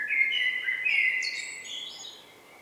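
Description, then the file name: Common blackbird warbling a smooth, low fluted phrase that breaks into thin, high twittering notes toward the end. "Turdus merula"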